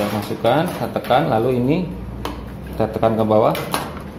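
A plastic humidifier water chamber is handled and slid into the slot on a CPAP heater base while someone talks, with soft handling knocks and rattles. The clip ends before the chamber is pressed down to snap onto the heater base, so nothing has seated or clicked yet.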